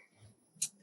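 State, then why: Seated. A front filler strip is pressed into the frame of a display unit, with faint low handling noise in the first third of a second. A single sharp, bright snap at 0.6 s marks the strip seating into place.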